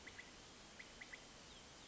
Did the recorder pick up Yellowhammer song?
no